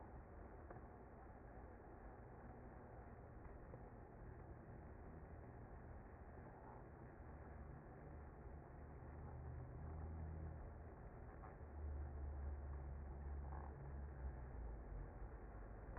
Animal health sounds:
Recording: honeybee colony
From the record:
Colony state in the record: active

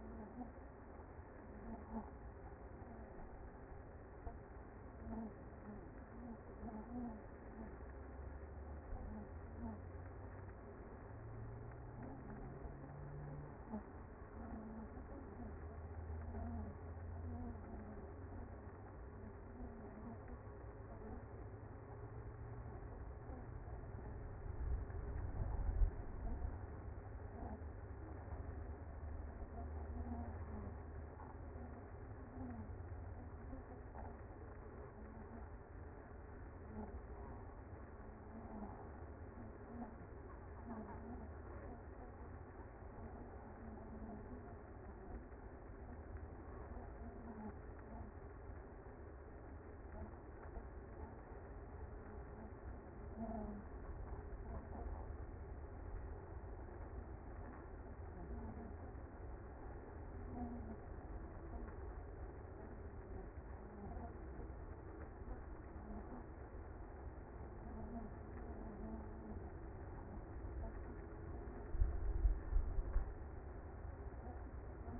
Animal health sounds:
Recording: honeybee colony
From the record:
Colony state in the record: active

